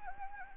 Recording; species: mosquito wingbeat signal from an infrared sensor; Anopheles gambiae